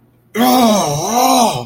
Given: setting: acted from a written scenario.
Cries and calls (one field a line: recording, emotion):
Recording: vocal sound without words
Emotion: pain